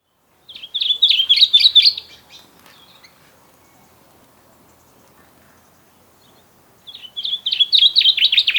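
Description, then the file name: Common chaffinch singing two similar phrases, each a rapid series of bright notes falling at the close, separated by about five seconds of near silence. "Fringilla coelebs"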